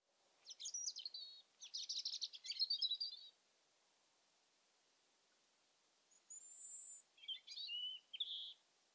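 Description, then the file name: European robin song: thin, high warbled phrases, a pause, then another sequence of thin, high notes. "Erithacus rubecula"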